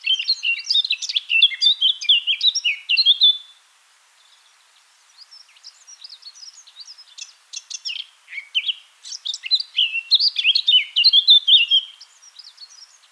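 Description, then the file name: Eurasian blackcap song: a loud, rich warbling phrase of about three and a half seconds, then soft scratchy twittering, then another bright, fluty warbled phrase. "Sylvia atricapilla"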